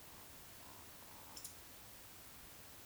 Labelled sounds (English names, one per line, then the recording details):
Eurasian Woodcock whistle
Eurasian Woodcock croak
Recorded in Baden-Württemberg, Germany, on 19 June 2020 at 20:04 UTC
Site 49006, 684 m above sea level